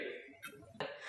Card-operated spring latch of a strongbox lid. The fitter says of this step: credit card or another card in, because it's just a little click right here.